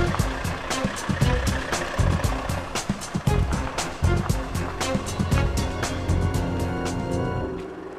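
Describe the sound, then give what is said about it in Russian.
A motorboat carrying a driver and two passengers speeds across the sea, passing through a rock arch. Its engine drones steadily with a deep low rumble, while water splashes and slaps in repeated sharp bursts, fading slightly toward the end. “По морю плывет катер.”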